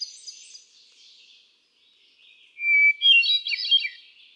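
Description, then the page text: Hermit thrush song phrase: a long steady whistled note, then a bright, ringing cascade of rising and falling flute-like notes, with faint earlier phrases. One male cycling through a repertoire of about ten different songs; recorded 13 June 2006 at Quabbin Park, Ware, Massachusetts. "Birdsong for the Curious Naturalist. Hermit thrush"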